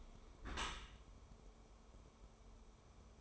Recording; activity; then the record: daily activity, microphone in the room; close dishwasher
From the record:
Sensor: 1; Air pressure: 1015.0 hPa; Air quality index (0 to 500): 26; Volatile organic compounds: 1 ppm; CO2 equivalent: 509 ppm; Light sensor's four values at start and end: 13/30/12/14 and 13/30/12/13